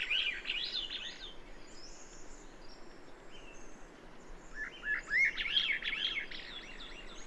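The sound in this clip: Bird song: a short twittering phrase at the start, faint scattered notes through the middle, then a longer, louder warbling run late on.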